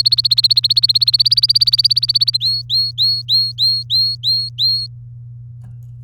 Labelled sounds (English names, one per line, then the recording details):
Domestic Canary song
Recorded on 24 April 2018 at 06:14
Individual llb3